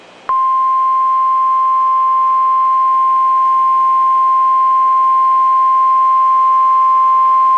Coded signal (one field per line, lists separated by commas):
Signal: Emergency Alert System (SAME) tones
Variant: 1050 Hz attention tone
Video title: "METROPLEX MAYHEM" - An EAS Scenario